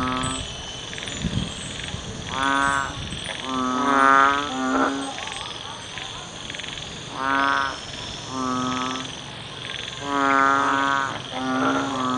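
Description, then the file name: Banded bullfrog croaking: deep nasal moans in short bursts of two or three, with quiet gaps between, over a steady high hum. "เสียงอึ่งอ่างร้อง"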